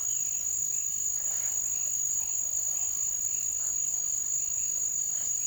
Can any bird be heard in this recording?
no